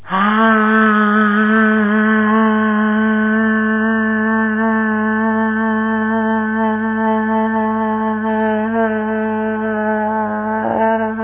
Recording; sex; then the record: sustained vowel /a/; female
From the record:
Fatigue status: fatigue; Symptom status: symptomatic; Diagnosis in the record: COVID-19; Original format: 3gp